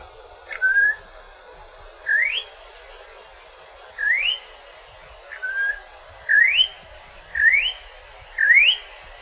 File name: Campo Troupial